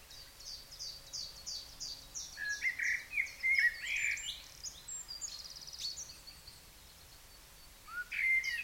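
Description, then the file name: Common blackbird sings a mellow warbled phrase that breaks into high squeaky twitters, then begins another phrase near the end, after a run of quick high notes at the start. "Turdus merula"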